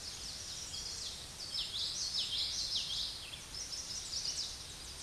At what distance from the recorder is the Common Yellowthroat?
about 30 m